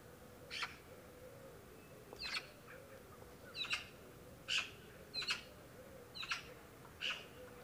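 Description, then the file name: Eurasian magpie calls: several brief rasping chak notes, some in quick pairs, with a quiet low tonal hum behind. "Pica pica"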